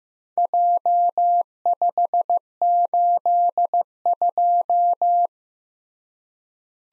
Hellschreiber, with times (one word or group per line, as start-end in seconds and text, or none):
none